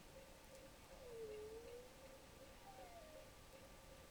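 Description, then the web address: Rorqual calls: a short dipping tonal moan followed by a gently falling one, over a steady hum and hiss. Recorded in Norway on 5 January 2023 at 01:22. "college France rorqual Norvege"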